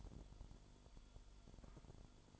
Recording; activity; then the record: daily activity, microphone in the room; light on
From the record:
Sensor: 5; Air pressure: 1008.0 hPa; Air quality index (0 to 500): 104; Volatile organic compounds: 1 ppm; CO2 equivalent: 812 ppm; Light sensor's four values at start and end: 35/82/34/34 and 36/84/34/35